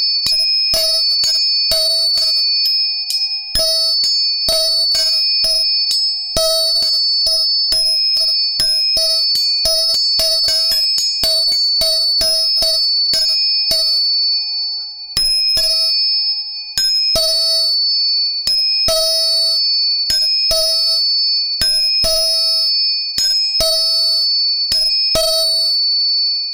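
Three tuning forks are struck again and again at an irregular pace, each sharp tap leaving bright, steady ringing tones that sustain throughout.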